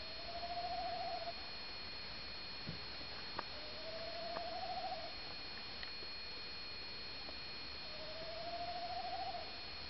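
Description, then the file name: Tawny owl giving three long quavering, warbling hoots spaced a few seconds apart over steady background hiss, with occasional faint clicks. Recorded at Vugrovec; warbling call given three times. "Tawny Owl from Vugrovec - warbling 3 times"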